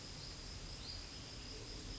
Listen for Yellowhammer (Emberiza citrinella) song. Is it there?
no